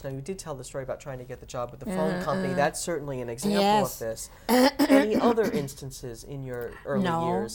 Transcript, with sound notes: Now you did tell the story about trying to get the job at the phone company.
Uh-huh.
That's certainly a example of this.
Yes. (she clears her throat)
Were there any other instances in your early years here?